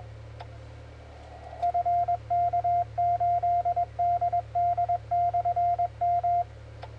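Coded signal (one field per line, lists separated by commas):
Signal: Morse code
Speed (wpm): 20 wpm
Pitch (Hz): 700 Hz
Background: none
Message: FK8DD/M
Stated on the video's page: CW contact on 18.080 kHz, 06:18 UTC.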